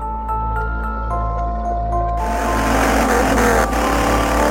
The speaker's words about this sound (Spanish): conducía bajo la tormenta cuando su coche comenzó a fallar. Se apartó de la carretera y llamó a la grúa para avisar de su avería.